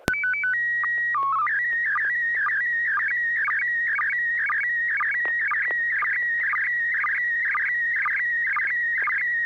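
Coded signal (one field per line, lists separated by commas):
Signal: SSTV (slow-scan television)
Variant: PD 120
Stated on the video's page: SSTV net on an FM repeater on 441.300 MHz in Sacramento, sent with MMSSTV software.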